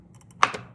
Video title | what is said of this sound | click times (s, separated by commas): Nespresso - How to make a cup of coffee | There, the pop. | 0.4 s